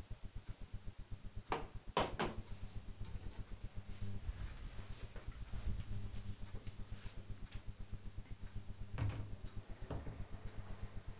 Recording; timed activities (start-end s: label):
household activities, microphone on the right wrist
none